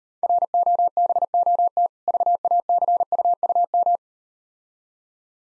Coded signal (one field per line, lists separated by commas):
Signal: Morse code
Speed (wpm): 38 wpm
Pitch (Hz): 700 Hz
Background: none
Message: ROBOT VACUUM